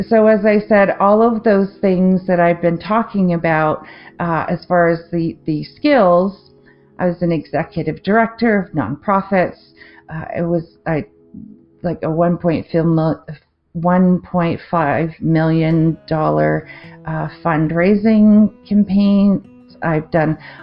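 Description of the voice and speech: An adult woman with aphasia after a stroke affecting the language centre of the left brain speaks in short bursts separated by pauses of up to a second. She makes a false start and restarts a number ("one point fi… one point five million") and drags out several words, showing mild word-finding difficulty.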